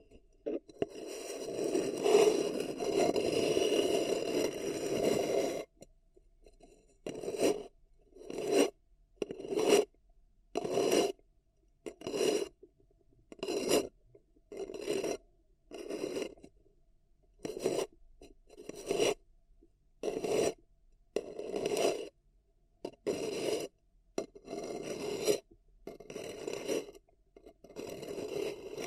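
Paper cup tingles: fingers scratch and rub a paper cup in a steady raspy stroke for about five seconds, then switch to short separate scrapes. These come roughly once a second, each a brief papery rasp with silence between, continuing to the end.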